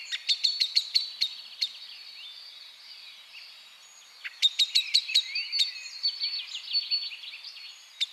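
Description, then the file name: Common blackbird sharp clicking calls, a quick run of chinks in the first two seconds and a second burst from about four and a half seconds, over busy background twittering. "Turdus merula"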